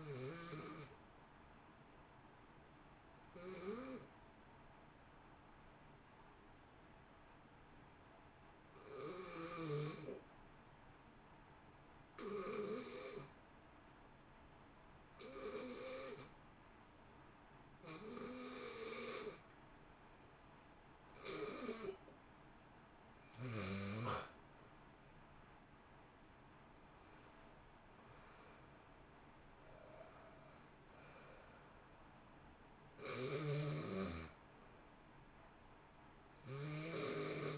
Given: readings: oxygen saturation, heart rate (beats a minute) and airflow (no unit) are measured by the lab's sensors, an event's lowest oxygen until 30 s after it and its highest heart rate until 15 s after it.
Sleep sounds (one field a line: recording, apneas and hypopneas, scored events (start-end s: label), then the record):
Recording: breathing in sleep by a voice recorder at the bedside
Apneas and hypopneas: 1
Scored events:
4.00-24.90 s: hypopnea (N1, oxygen 94% highest, then 87% lowest, heart rate 56 at the start, 69 highest)
8.00-37.58 s: new sleep stage, N2 (light sleep)
From the record:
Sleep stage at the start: N1 (lightest sleep)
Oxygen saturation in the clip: 87 to 94%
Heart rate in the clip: 56 to 69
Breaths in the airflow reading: 11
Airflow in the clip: -1.5 to 2.0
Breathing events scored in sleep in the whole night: 328 in 6.3 hours asleep